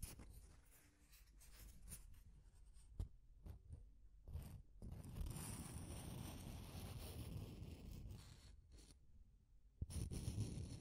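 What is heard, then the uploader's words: Deep scratching scrapes on and off, low and grainy, with a dense rough stretch from about four to nine seconds and sharp clicks. Deep Scratching. (No Talking).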